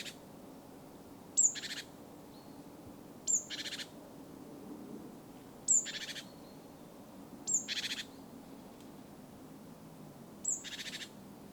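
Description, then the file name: Great tit calling: five pairs, each a brief piercing high note followed by a rasping churr, spaced about two to three seconds apart, with a constant low hum behind. "Parus major"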